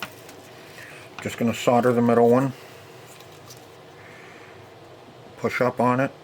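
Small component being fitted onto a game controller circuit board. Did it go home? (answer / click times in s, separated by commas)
no / none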